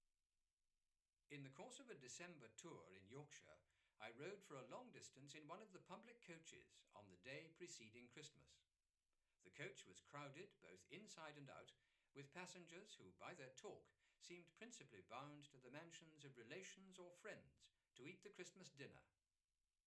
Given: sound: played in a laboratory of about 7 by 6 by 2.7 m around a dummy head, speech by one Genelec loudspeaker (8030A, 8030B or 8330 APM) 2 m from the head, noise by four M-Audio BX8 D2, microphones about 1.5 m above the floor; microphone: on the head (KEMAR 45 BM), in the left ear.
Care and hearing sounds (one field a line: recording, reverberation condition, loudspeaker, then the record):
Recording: male speech in English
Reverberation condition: low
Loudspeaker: 90 degrees to the left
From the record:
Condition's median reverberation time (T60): about 310 ms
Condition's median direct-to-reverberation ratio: about 3.5 dB